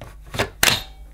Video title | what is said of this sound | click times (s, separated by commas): Shark Lift Away TruePet Corded Upright Vacuum Review & Demonstration | just slide it in at the back of the machine until it clicks into position | 0.6 s